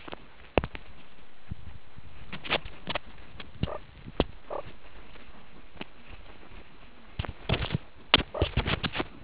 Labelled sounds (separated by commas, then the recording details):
meerkat close call
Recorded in the Kuruman River Reserve, South Africa
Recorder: an audio tag on a meerkat's collar